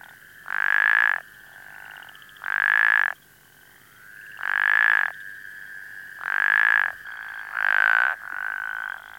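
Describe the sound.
Plains spadefoot: loud, rasping croaks repeated about every two seconds, overlapped by quieter croaks from a second caller in the background.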